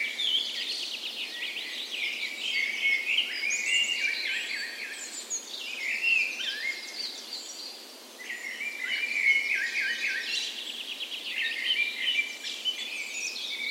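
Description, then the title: Birds in a dawn chorus, several overlapping high twittering and warbling songs, easing briefly once before carrying on. Dawn chorus on the morning of 17 May, Norway's National Day, in spring, in a park west in Bergen, Norway; recorded with Sony PCM A10 and LOM Usi microphones as tree ears. "17th Of May Dawn Chorus"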